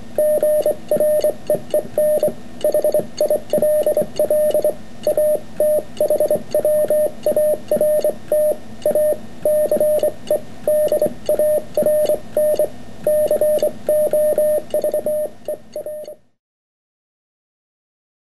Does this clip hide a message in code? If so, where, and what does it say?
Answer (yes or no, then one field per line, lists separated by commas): yes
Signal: Morse code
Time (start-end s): 0.2-16.1 s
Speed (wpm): 24 wpm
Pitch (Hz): 610 Hz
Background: radio noise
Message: GREEN HILL ATHWART A CEDARN COVER